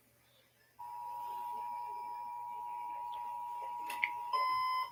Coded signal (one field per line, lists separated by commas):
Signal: Emergency Alert System (SAME) tones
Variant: 853 and 960 Hz attention tone